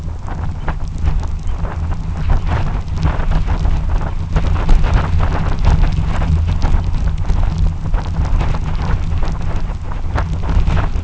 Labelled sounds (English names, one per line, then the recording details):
American Golden-plover
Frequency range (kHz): American Golden-plover 1.4-4.9 kHz
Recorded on Arctic tundra, site UTQI-2, on 12 June 2019
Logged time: 04:00